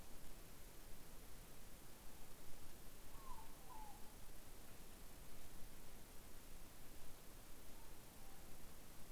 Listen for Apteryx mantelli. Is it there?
no